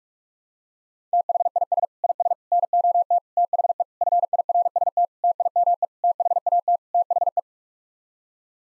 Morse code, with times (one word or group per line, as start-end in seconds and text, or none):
1.1-1.9 THIS
2.0-2.3 IS
2.5-3.2 NOT
3.4-3.8 THE
4.0-5.0 FIRST
5.2-5.8 TIME
6.0-6.8 THAT
6.9-7.4 THE